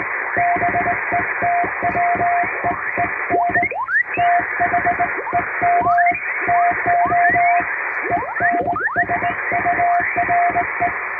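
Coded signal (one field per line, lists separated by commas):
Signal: Morse code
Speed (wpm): 20 wpm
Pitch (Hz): 700 Hz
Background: radio noise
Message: BETWEEN THEM TO ENSURE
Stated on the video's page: English CW sent by hand by a first-class radiotelegraph operator on an HK-808 vertical straight key, as live Morse for receiving practice.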